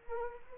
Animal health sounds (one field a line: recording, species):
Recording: mosquito wingbeat signal from an infrared sensor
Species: Anopheles arabiensis